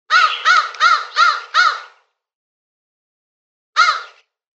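Harsh crow caws: five quick rasping notes in a row, a short silence, then one more caw.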